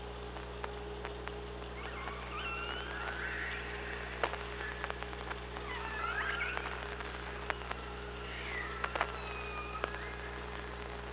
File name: Orca Lab UTLN JASON 20170824 053126 h 5 CR ORCALABDYNI